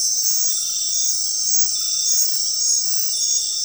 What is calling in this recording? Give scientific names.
none